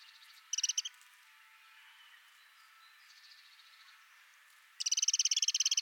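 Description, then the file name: Eurasian wren giving a short rattle of dry ticks, a quiet stretch with faint bird sounds, then a long, rapid churring rattle. "Troglodytes troglodytes"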